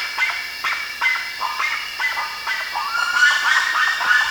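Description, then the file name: Bird calls, quick raspy notes in rapid succession, getting busier toward the end. "SABIOD 50 bird 2015"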